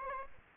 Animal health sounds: mosquito wingbeat signal from an infrared sensor; Aedes aegypti

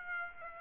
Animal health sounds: mosquito wingbeat signal from an infrared sensor; Aedes aegypti

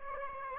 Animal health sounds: mosquito wingbeat signal from an infrared sensor; Aedes aegypti

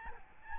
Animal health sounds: mosquito wingbeat signal from an infrared sensor; Aedes albopictus

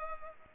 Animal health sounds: mosquito wingbeat signal from an infrared sensor; Culex pipiens

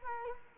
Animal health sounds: mosquito wingbeat signal from an infrared sensor; Culex quinquefasciatus

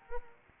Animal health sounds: mosquito wingbeat signal from an infrared sensor; Anopheles arabiensis

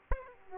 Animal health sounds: mosquito wingbeat signal from an infrared sensor; Aedes aegypti

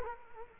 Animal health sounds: mosquito wingbeat signal from an infrared sensor; Culex quinquefasciatus

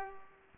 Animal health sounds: mosquito wingbeat signal from an infrared sensor; Culex pipiens

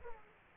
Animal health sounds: mosquito wingbeat signal from an infrared sensor; Aedes aegypti

